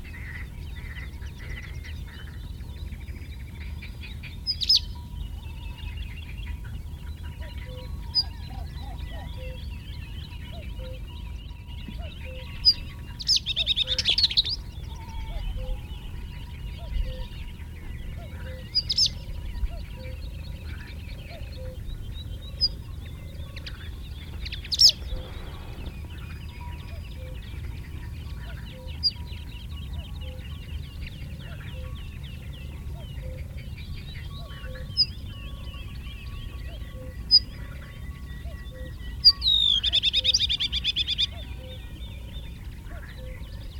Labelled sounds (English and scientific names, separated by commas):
Northern Wheatear (Oenanthe oenanthe) song